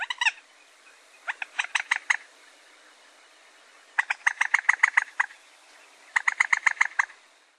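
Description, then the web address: Common moorhen repeating short bursts of rapid, hard clucking notes, each series lasting about a second, separated by quiet gaps. "Gallinule. poule d'eau"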